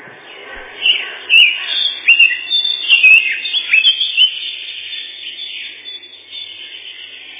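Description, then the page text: Lesser whitethroat song, a rapid chattering warble of sharp, varied notes in the middle, fading into quieter scratchy notes. Song described as a set of twitters including a loud 'kle-kle-kle', ending in a dry rapid trill 'tiktiktiktik'. "Славка-завирушка, или славка-мельничек — Sylvia curruca"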